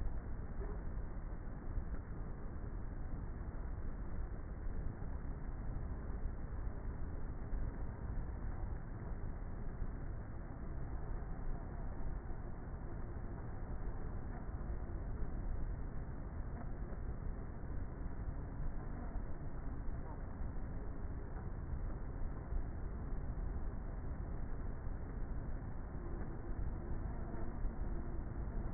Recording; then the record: honeybee colony, microphone inside the hive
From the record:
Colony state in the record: queenless with a low population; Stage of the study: before two queens were removed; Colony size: about 30,000 bees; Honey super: no